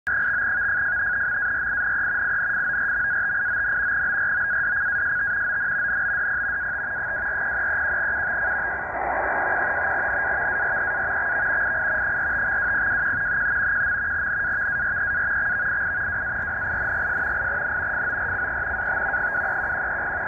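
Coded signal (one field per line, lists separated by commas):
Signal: NAVTEX (SITOR-B)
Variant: 100 baud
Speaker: so this is uh iqaluit nunavut canada this is in the uh northern territories of canada and it's the weather broadcast that was that's i'm hearing tonight on the texan h51x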